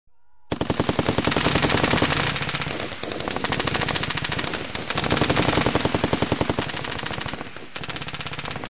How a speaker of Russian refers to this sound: Стрекотня далеких выстрелов полетела над саванной.